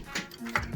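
A graphics card is pushed down into a motherboard PCIe slot, with a few light knocks before the slot's retention latch gives a sharp click at 0.6 s. The card is seated and installed.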